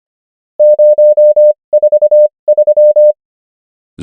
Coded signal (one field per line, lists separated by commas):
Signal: Morse code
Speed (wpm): 25 wpm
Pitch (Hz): 600 Hz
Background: none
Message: 043